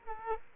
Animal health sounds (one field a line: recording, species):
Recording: mosquito wingbeat signal from an infrared sensor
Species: Culex quinquefasciatus